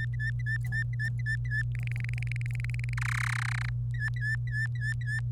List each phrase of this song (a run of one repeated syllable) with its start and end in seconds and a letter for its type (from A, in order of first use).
0.00-1.62 A, 1.75-2.94 B, 2.97-3.69 C, 3.94-5.20 A